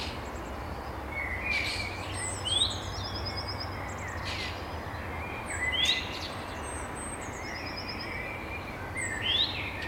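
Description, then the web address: Birds calling and singing, with sharp rising chirps and high buzzy trills repeated every few seconds over a constant background hiss. Birds singing at dawn. "songs Voegel. Morgendaemmerung"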